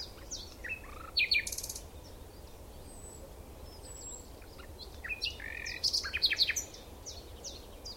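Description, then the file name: Common nightingale singing varied phrases: whistles and a rapid stuttering burst of repeated notes, later a cluster of sharp high chirps and buzzy notes, with constant low background noise. "Luscinia megarhynchos"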